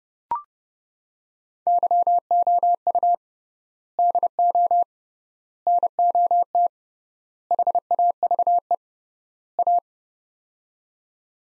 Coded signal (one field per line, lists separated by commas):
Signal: Morse code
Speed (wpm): 30 wpm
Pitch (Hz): 700 Hz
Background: none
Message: YOU DO NOT HAVE A